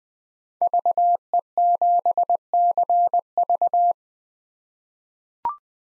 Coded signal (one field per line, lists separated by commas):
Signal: Morse code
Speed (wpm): 20 wpm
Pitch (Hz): 700 Hz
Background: none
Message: VE7CV